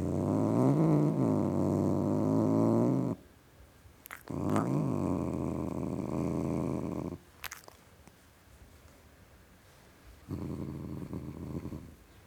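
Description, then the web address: Cat growling in long, low rumbling bursts of about three seconds each, separated by quiet gaps with a few faint clicks. Male tom cat, growling. "The BBC Sound Effects Library. Tom Cat Growling"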